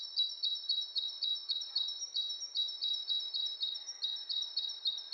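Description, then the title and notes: Bird calls: an unbroken rapid chatter of high, ringing chirps, several each second, throughout. Two birds interacting; lo-fi recording. "bird dialogs. lo-fi recording of two birds interacting"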